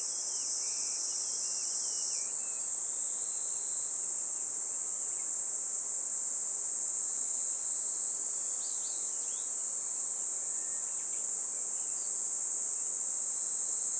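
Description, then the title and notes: Kaempfer cicada chorus, an unbroken high sizzling hum, joined at times by thin bird calls and brief chirps. Chorus of many Kaempfer cicadas in a forest by the Tama River, Japan, as they began singing in summer, a pleasant noise heralding summer; birds also calling. "多摩川の森、ニイニイゼミたちの合唱"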